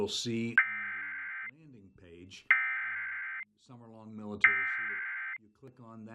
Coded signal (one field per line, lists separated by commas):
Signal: Emergency Alert System (SAME) tones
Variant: header bursts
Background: speech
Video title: (EAS #18) (NBC WHIZ) Newark OH, Tornado Warning (6/8/2022)